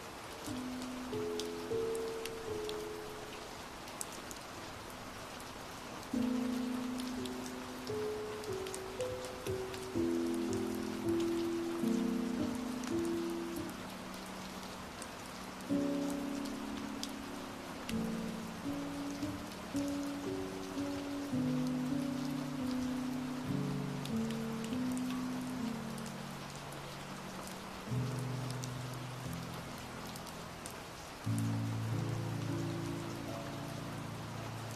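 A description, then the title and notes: Gentle rain patters steadily throughout, a soft continuous hiss with scattered light drops. Over it, a calm piano plays slow, low-to-middle chords that ring out and fade, with new phrases starting every few seconds and a slightly fuller passage near the end. The sounds of some gentle rain and calm piano tracks.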